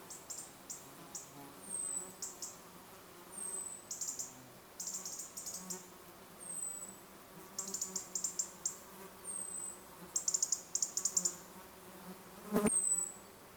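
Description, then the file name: European robin calls: thin, very high whistled notes sliding downward, mixed with short scratchy high bursts, repeated irregularly. "Erithacus rubecula"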